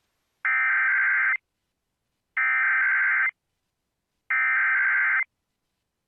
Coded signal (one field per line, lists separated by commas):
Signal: Emergency Alert System (SAME) tones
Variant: header bursts